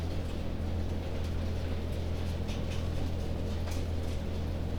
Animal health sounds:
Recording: poultry house recording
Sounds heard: no chicken sound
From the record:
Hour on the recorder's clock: 21

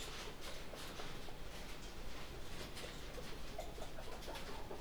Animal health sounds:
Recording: poultry house recording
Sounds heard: healthy chickens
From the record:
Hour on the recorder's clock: 18

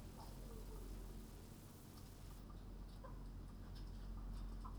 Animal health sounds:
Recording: poultry house recording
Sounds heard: healthy chickens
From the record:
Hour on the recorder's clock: 19

